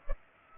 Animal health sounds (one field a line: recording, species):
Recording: mosquito wingbeat signal from an infrared sensor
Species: Culex pipiens